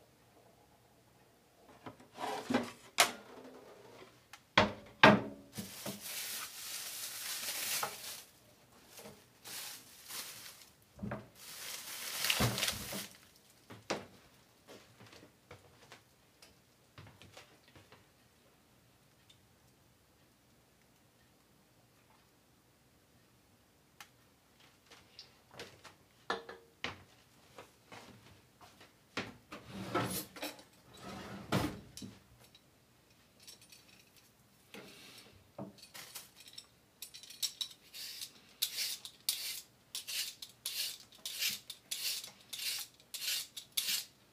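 A knife is sharpened on a whetstone: bursts of harsh scraping strokes fill the first thirteen seconds, then a quiet gap follows. Strokes return around 24 seconds and settle into a quick, regular back-and-forth near the end, over a faint steady low hum.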